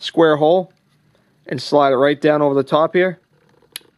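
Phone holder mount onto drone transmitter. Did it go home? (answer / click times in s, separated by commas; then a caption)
yes / 3.8 s. Someone talks while a plastic phone holder mount for an MJX X400 drone is slid down over the square post on the drone's transmitter until its release pin catches. After a brief pause, a sharp click is heard at 3.8 seconds as the mount seats and is installed.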